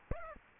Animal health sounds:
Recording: mosquito wingbeat signal from an infrared sensor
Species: Aedes aegypti

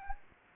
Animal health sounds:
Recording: mosquito wingbeat signal from an infrared sensor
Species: Anopheles gambiae

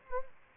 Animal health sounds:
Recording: mosquito wingbeat signal from an infrared sensor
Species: Anopheles gambiae

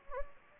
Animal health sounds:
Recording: mosquito wingbeat signal from an infrared sensor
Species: Anopheles gambiae

